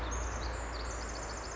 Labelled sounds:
Pacific Wren
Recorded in Sonoma County, California

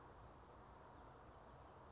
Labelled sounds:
Brown Creeper
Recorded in Sonoma County, California

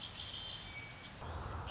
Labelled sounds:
Red-winged Blackbird
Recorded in Sonoma County, California

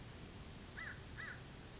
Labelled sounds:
American Crow
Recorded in Sonoma County, California

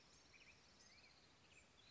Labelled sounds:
Black-headed Grosbeak
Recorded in Sonoma County, California

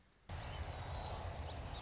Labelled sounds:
Anna's Hummingbird
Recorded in Sonoma County, California

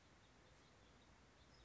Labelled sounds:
House Finch
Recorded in Sonoma County, California

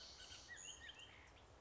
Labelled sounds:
Bullock's Oriole
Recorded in Sonoma County, California

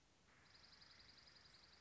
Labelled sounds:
Dark-eyed Junco
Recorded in Sonoma County, California

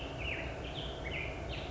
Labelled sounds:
Black-headed Grosbeak
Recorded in Sonoma County, California

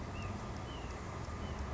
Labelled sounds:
White-breasted Nuthatch
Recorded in Sonoma County, California

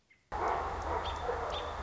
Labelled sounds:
American Robin
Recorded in Sonoma County, California

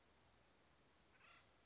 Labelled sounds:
Acorn Woodpecker
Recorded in Sonoma County, California

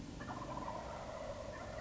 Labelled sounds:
Wild Turkey
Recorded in Sonoma County, California

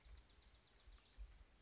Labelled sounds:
Bewick's Wren
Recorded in Sonoma County, California

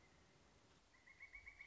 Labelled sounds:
Pileated Woodpecker
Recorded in Sonoma County, California

